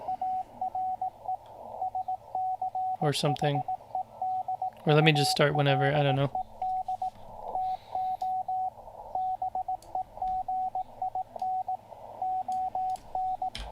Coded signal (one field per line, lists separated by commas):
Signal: Morse code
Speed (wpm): 18 wpm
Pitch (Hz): 750 Hz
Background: speech, radio noise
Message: ARE SCHEDULED TO BEGIN ON